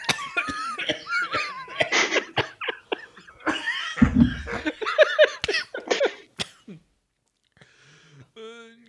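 Several rough, forceful productive cough bursts, bringing up mucus, break through loud laughter from a group in a small room, with a few higher voiced sounds trailing off at the end.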